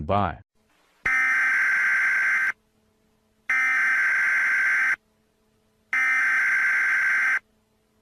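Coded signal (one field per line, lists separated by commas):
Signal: Emergency Alert System (SAME) tones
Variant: header bursts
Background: speech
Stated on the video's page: Fictional alert for a chat information service.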